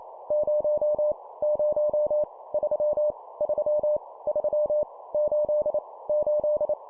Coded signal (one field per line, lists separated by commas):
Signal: Morse code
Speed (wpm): 28 wpm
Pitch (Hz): 600 Hz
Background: none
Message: 0 0 3 3 3 8 8